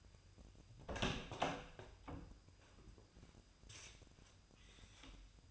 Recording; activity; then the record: daily activity, microphone in the room; open door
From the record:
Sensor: 2